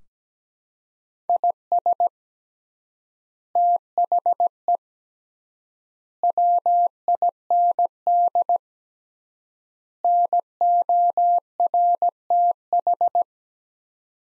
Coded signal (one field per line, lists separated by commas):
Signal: Morse code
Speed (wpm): 17 wpm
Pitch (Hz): 700 Hz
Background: none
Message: IS THE WIND NORTH